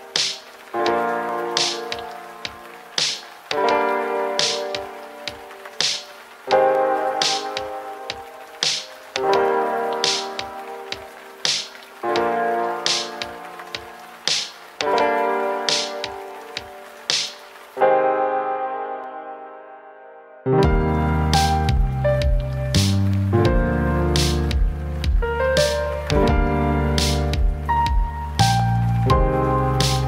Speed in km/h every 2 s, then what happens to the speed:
11, 13, 14, 16, 14, 16, 18, 18, 17, 16, 20, 17, 16, 18, 19.
0-30 speeds up to 19.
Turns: none.